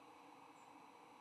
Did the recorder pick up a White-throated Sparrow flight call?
yes